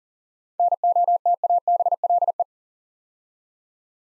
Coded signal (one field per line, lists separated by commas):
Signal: Morse code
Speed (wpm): 42 wpm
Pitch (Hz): 700 Hz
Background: none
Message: NOTABLE